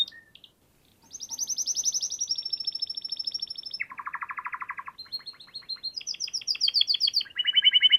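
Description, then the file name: Canary song of fast trilled tours switching pitch, high buzzy rolls dropping to a lower rattling trill, then climbing back to bright high phrases. Canary song for training other birds (masteran). "Suara Burung Kenari untuk Masteran Ampuh"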